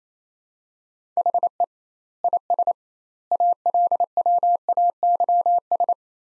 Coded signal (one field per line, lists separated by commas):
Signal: Morse code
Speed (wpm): 28 wpm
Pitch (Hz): 700 Hz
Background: none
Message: HE IS ALWAYS